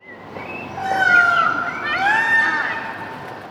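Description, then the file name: Peafowl calls: two loud, drawn-out wailing notes with rich harmonics, the second swelling and bending upward, over a steady low background hiss. More than one peacock, calling. "Peacocks Singing"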